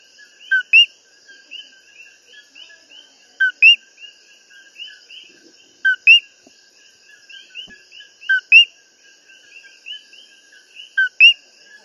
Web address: e-coqui-guayabito-15-dec-2022-oac-mixpre. young coqui frogs juggle growth and disease